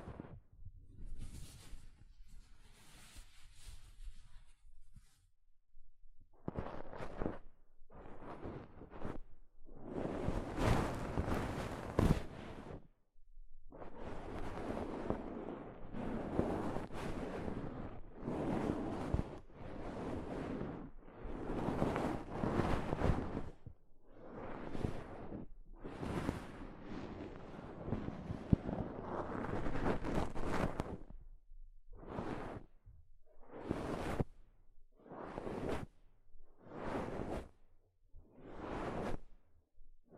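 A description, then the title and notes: Soft fabric brushes against a microphone in a series of rustling swishes, some short and quick, others drawn out for several seconds. The strokes come irregularly with brief silent gaps, growing denser in the middle and turning into rapid, evenly spaced short brushes toward the end. ASMR Mic Brushing using Soft Fabric (No Talking).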